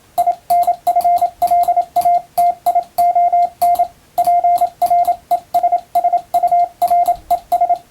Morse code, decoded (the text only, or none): INFLATION PRESSURES